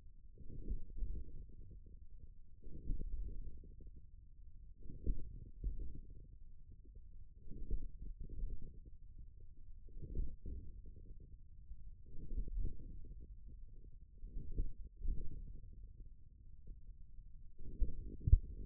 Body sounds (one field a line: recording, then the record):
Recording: forearm muscle sounds (acoustic myography)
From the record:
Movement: wrist flexion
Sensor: system 1, eight BSWA MPA416 microphones around the upper forearm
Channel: 6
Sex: male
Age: 41 years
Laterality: right